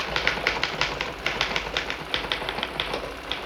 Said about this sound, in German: Eine Schreibmaschine klappert.